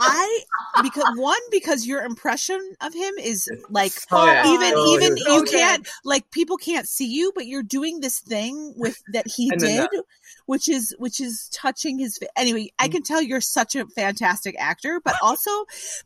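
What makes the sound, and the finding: Adult woman speaking. Typical speech.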